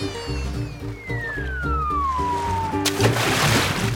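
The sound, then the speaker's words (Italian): A long descending whistle glides downward, then ends in a sudden loud splash of someone diving from the edge of a cloud into water, followed by sloshing, all over a steady background tune. “Vogliamo tuffarci? Ok, prima tu. Va bene. Wow, è stato facilissimo.”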